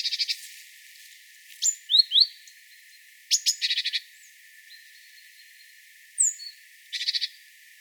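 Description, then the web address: Great tit calls: short whistled notes and scratchy rattles, with churring bursts at the start and end. "SETE data Parus major"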